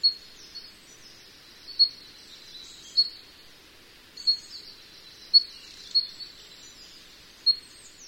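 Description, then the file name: Sakhalin leaf warbler giving thin, very high, short notes, repeated at irregular intervals over a quiet background. "ezomushikui"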